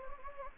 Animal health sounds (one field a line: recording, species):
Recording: mosquito wingbeat signal from an infrared sensor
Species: Anopheles gambiae